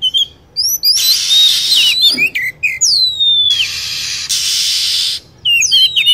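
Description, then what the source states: Lovebird high chirps and a long falling whistle mixed with dense, raspy screeching, ending in rapid squeaky notes. Lure sound used to attract lovebirds.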